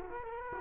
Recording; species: mosquito wingbeat signal from an infrared sensor; Culex quinquefasciatus